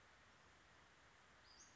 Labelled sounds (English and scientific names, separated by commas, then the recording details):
Western Flycatcher (Empidonax difficilis)
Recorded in Sonoma County, California